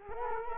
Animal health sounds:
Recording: mosquito wingbeat signal from an infrared sensor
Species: Culex quinquefasciatus

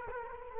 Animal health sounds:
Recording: mosquito wingbeat signal from an infrared sensor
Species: Culex quinquefasciatus

